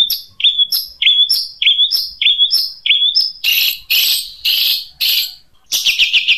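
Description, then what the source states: Long-tailed shrike song, a run of brief whistled notes roughly every half second, followed by loud harsh rasping bursts and scratchy chatter. Long-tailed shrike singing in the "Kuntilanak" song style.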